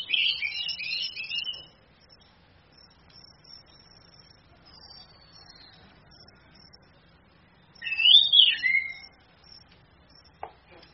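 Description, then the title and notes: Orange-headed thrush song: a rapid jumbled warble at the start, a long quiet stretch, then a loud whistled phrase, and a faint click near the end. Female; masteran (training) recording for other birds, charged via a mobile phone screen. "ANIS KEMBANG BETINA CAS DENGAN LAYAR HP. Masteran Anis Kembang"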